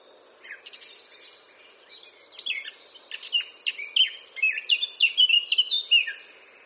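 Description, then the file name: Eurasian blackcap song: soft, jumbled warbling that swells into a clear, ringing series of fluted whistles toward the end. "Sylvia atricapilla"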